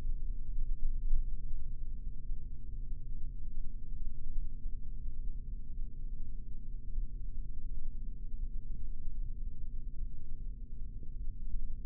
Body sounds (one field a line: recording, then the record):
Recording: forearm muscle sounds (acoustic myography)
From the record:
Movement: rest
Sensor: system 3, bracelet of six PUI Audio POM-2738L microphones around the upper forearm, with dedicated amplification and filtering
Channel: 2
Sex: male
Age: 26 years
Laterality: right